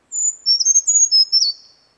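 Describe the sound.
Brown creeper song, a very high, thin phrase of sibilant notes that slide and step downward over about one and a half seconds, with nothing else heard.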